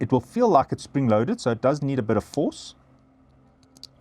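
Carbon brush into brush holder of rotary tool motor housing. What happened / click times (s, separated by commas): The spring-loaded part snapped into its holder / 3.8 s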